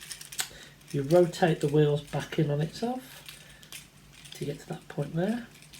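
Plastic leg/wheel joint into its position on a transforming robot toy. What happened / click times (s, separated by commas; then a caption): Plastic toy parts are being turned and handled; no clear seating yet / none. A plastic transforming robot toy is handled while someone talks: its wheels are rotated back in on the leg toward the joint's set position, with a few light plastic clicks and handling taps. The leg/wheel joint has not yet seated or clicked home by the end of the clip.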